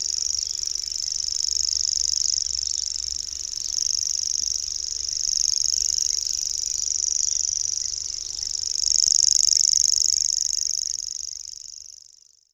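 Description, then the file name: Common grasshopper warbler reeling, a high, even, insect-like trill sustained for about twelve seconds, swelling slightly, then fading out at the end. "Swierszczak"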